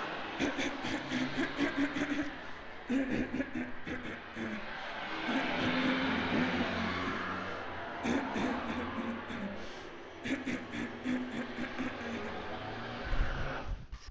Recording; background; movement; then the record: throat clearing; traffic; walking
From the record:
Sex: female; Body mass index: 36.4 kg/m2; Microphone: on the chest, facing the body